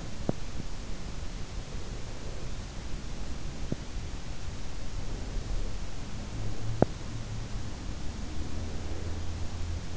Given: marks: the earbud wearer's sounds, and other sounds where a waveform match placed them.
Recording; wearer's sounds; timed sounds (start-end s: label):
sounds in sleep by an in-ear microphone; teeth grinding
0.00-0.60 s: teeth grinding
6.64-7.16 s: teeth grinding